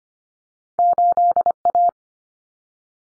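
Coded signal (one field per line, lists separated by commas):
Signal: Morse code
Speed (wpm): 25 wpm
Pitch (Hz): 700 Hz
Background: none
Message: 8A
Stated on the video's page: Head-copy drill of common two-digit cut numbers at 25 wpm, with T, A and N standing for 0, 1 and 9; each is sent, spoken, then sent again.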